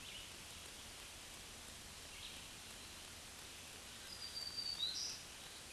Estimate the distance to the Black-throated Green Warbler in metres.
about 10 m